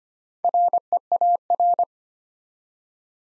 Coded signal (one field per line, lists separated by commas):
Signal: Morse code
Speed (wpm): 25 wpm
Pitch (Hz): 700 Hz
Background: none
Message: REAR